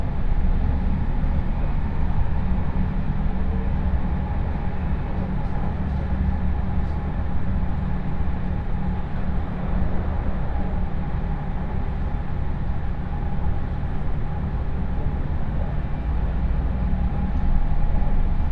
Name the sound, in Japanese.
鉄道旅 中央西線 恵那→高蔵寺